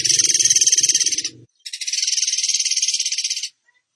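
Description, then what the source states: Bird song: two high, machine-gun-like pulsed trills back to back, a brief low rumble under the first. Bird singing in the tembakan gacor style, for training other birds (masteran).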